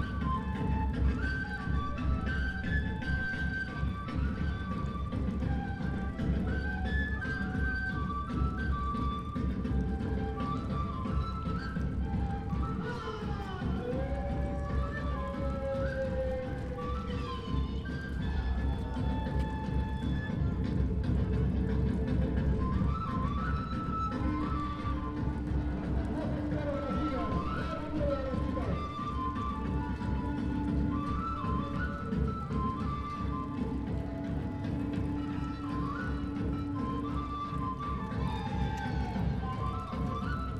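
An outdoor public square at Plaza de Layo in Canas, Cusco, full of overlapping voices and chatter for the whole 41 seconds. A heavy, steady low rumble sits underneath throughout, with scattered calls and brighter voice fragments rising and falling, and no clear pauses.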